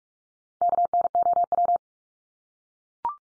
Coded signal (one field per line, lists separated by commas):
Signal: Morse code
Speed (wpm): 44 wpm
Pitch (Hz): 700 Hz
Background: none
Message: KNOW